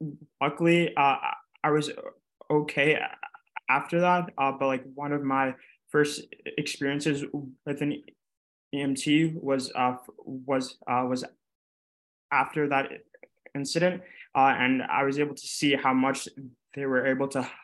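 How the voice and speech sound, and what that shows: A young adult man who stutters, a university neuroscience student, speaks conversationally with frequent 'uh' fillers, a repeated phrase ('was uh, was uh, was'), drawn-out sounds and pauses of up to about a second. The disfluencies are mild repetitions and fillers rather than hard blocks.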